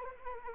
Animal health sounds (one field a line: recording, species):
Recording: mosquito wingbeat signal from an infrared sensor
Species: Anopheles arabiensis